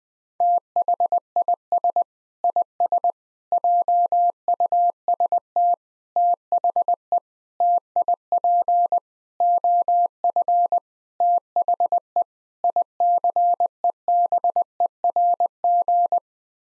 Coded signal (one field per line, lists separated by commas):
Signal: Morse code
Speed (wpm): 20 wpm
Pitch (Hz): 700 Hz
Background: none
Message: THIS IS JUST THE TIP OF THE ICEBERG